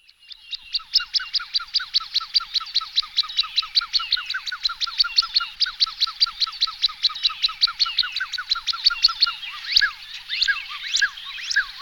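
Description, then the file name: Common shelduck whistles: a long, even run of thin, downslurred whistled notes, several each second, becoming more irregular near the end. "Husice lisci Tadorna tadorna"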